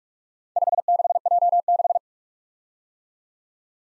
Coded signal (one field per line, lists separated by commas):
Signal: Morse code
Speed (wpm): 45 wpm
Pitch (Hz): 700 Hz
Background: none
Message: 56J6